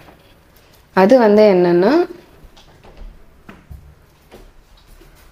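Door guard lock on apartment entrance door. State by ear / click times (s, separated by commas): seated / 3.5 s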